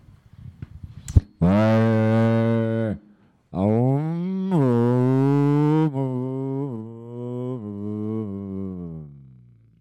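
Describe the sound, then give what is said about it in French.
A human voice imitates a horse's neigh with loud, drawn-out tonal calls, a short break, then a long wavering call whose pitch shakes and steps downward as it fades. “Ouais, chevaux.”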